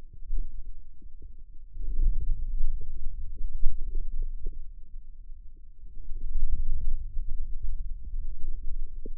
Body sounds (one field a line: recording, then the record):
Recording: forearm muscle sounds (acoustic myography)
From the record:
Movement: wrist flexion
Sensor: system 2, bracelet of six BSWA MPA416 microphones around the upper forearm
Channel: 5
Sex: male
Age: 22 years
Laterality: right